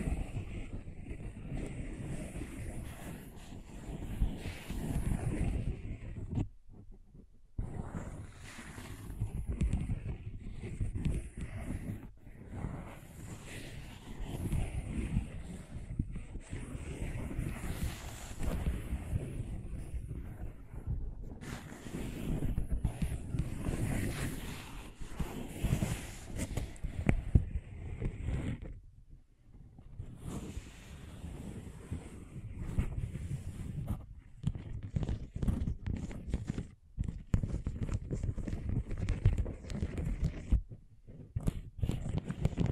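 Scratching and tracing across a surface make a dense, rough, rumbling texture, heaviest in the low end with a thin hiss above. The strokes run almost continuously and unevenly, broken by brief silent gaps near 7, 21, 29, 36 and 41 seconds.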